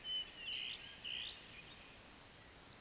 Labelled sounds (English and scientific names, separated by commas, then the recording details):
Eurasian Woodcock (Scolopax rusticola) whistle, Eurasian Woodcock (Scolopax rusticola) croak
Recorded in Baden-Württemberg, Germany, on 20 May 2021 at 19:13 UTC
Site 24606, 635 m above sea level